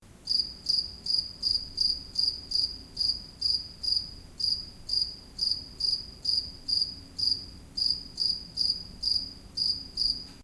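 Field cricket chirping: short, high, pulsed chirps in a steady rhythm, a little over two each second, over a faint low rumble.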